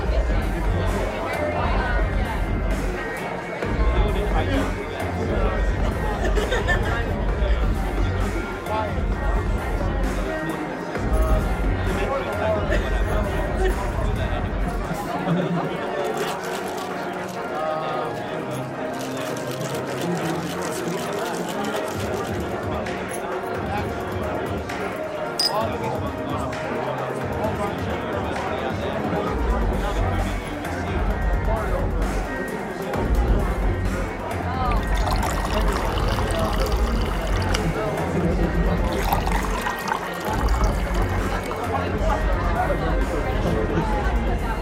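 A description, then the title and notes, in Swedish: Murmuring bar sounds: a dense, steady babble of many overlapping voices throughout, with a low rumble that thins out midway before returning. Baren. En timme sorlande barljud.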